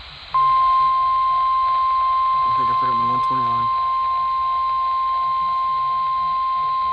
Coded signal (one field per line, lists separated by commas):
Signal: Emergency Alert System (SAME) tones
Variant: 1050 Hz attention tone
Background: speech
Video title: WWG49 SVA #366 6/21/26 EAS #665